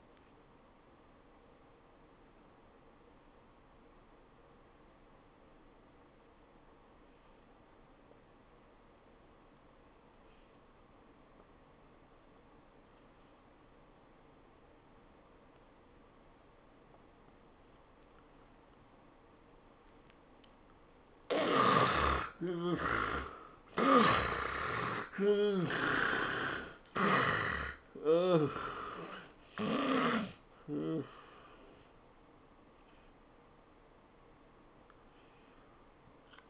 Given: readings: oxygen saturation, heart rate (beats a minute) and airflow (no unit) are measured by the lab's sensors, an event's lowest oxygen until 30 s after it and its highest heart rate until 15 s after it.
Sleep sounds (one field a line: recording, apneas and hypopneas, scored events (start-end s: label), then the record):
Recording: breathing in sleep by a voice recorder at the bedside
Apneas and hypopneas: 1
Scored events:
3.00-21.60 s: obstructive apnea (N1, oxygen 95% highest, then 71% lowest, heart rate 77 at the start, 104 highest)
From the record:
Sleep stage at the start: N1 (lightest sleep)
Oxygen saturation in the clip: 71 to 95%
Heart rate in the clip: 76 to 104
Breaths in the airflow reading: 6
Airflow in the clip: -15.7 to 11.6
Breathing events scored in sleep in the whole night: 403 in 5.5 hours asleep